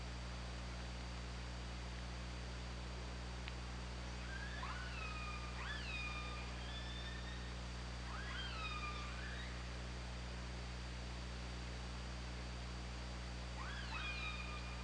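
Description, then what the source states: Orca calls, several upswept calls with falling tails in two groups, a quiet gap, then one more call near the end, over a steady low drone. Recorded on an OrcaLab hydrophone, 24 August 2017, 22:54.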